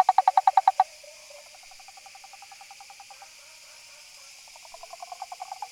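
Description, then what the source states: Frog calling in rapid pulsed trains: a loud burst of about eight clicks, then fainter steady pulsing, building again near the end. Recorded 18 August 2013.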